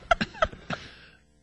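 An adult man in a radio studio gives four sudden, very short vocal bursts within about 0.7 seconds. Two have a squeaky, high-pitched tone, and a brief room echo trails off after them. These are involuntary hiccups with a voiced squeak.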